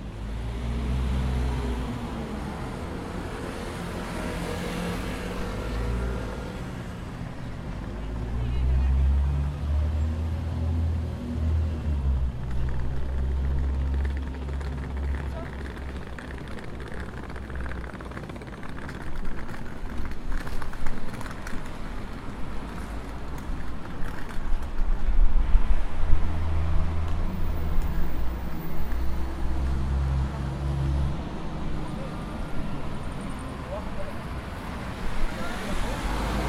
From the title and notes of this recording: On Lane 5 of the Padua Bus Station, I am waiting for the bus to Arre, a small village of the lower Padua area where my parents live and where I grew up. The Bus Station is adjacent to the Railway Station.